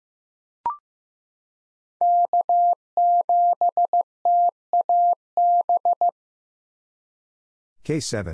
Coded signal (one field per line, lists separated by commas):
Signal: Morse code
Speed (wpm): 15 wpm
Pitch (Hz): 700 Hz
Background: none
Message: K7TAB